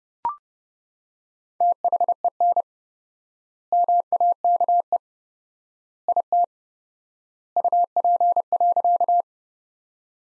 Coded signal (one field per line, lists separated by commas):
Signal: Morse code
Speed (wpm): 32 wpm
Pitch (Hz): 700 Hz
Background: none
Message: THEN MAKE IT UP.